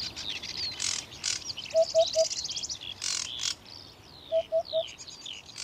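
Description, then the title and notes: Eurasian Hoopoe sounding two sets of three soft low hoots amid high chirps, trills and whistles of other birds. Courtship song. "Viikon luontoääni: Harjalintu. Juha Laaksonen"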